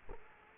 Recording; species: mosquito wingbeat signal from an infrared sensor; Culex quinquefasciatus